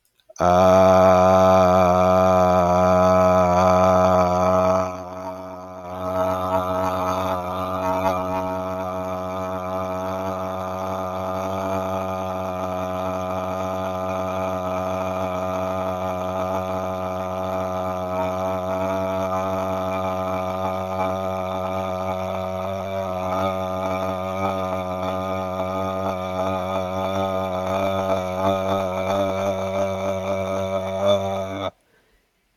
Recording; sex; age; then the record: vowel held as long as possible; male; 30 to 39 years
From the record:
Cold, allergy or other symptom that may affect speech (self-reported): no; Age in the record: 33 years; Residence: Georgia, United States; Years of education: 19